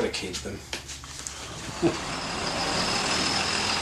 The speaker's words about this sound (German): Mit dem Bus fahre ich knapp 250 Kilometer weiter nach Süden, nach Rotorua.